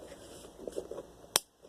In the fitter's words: There, number 2. Heard the click.